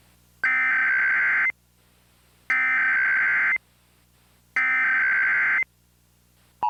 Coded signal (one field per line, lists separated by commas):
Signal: Emergency Alert System (SAME) tones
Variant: header bursts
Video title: EAS MOCK | Hawaii Statewide Tornado Drill (REQUESTED)